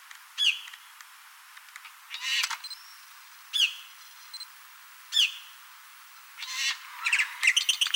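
Bird calls: separate high down-slurred notes every second or two, with rapid rattling chirps near the end.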